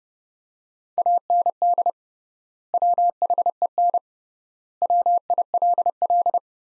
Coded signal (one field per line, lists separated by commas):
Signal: Morse code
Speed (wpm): 32 wpm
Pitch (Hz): 700 Hz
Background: none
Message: AND WHEN WILL